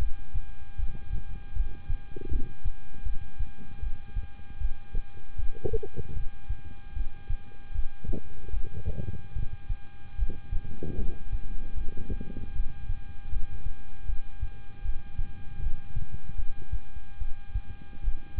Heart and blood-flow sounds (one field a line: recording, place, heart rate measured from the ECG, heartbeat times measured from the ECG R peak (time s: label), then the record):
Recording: heart sounds by stethoscope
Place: between the tricuspid and mitral areas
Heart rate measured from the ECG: 77 bpm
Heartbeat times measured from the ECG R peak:
0.76 s: heartbeat
1.53 s: heartbeat
2.29 s: heartbeat
3.03 s: heartbeat
3.80 s: heartbeat
4.58 s: heartbeat
5.36 s: heartbeat
6.13 s: heartbeat
6.93 s: heartbeat
7.72 s: heartbeat
8.50 s: heartbeat
9.33 s: heartbeat
10.16 s: heartbeat
10.96 s: heartbeat
11.74 s: heartbeat
12.53 s: heartbeat
13.29 s: heartbeat
14.06 s: heartbeat
14.82 s: heartbeat
15.60 s: heartbeat
16.36 s: heartbeat
17.18 s: heartbeat
18.01 s: heartbeat
From the record:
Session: rest, lying down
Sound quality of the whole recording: good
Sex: male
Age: 26 years